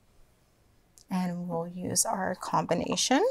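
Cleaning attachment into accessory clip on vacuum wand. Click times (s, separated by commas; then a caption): 1.0 s. A plastic cleaning attachment is clipped onto the accessory holder on the wand of a Dyson V11 Torque cordless stick vacuum. A single sharp click comes at 1.0 s as the attachment seats, and someone talks right after it.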